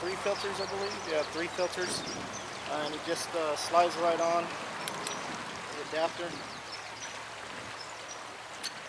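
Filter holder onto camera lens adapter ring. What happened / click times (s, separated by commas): The filter holder is slid onto the lens but has not yet locked / none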